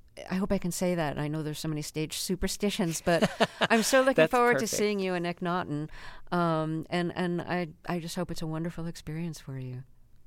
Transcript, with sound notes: I hope I can say that. And I know there's so many stage superstitions. But...
(Laughter) That's perfect.
...I'm so looking forward to seeing you in "Akhnaten." And I just hope it's a wonderful experience for you.